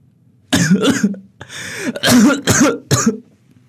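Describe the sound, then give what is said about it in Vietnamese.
An angry man's harsh coughing fit: about five loud, rasping coughs in quick, uneven succession, some rough and throaty, with no talking. “Bố tôi giận quá, lại lên cơn ho khủ khủ.”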